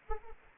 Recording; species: mosquito wingbeat signal from an infrared sensor; Anopheles arabiensis